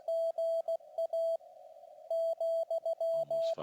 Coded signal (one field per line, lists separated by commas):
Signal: Morse code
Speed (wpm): 16 wpm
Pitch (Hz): 660 Hz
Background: radio noise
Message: GA ,